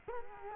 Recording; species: mosquito wingbeat signal from an infrared sensor; Culex quinquefasciatus